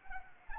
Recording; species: mosquito wingbeat signal from an infrared sensor; Anopheles arabiensis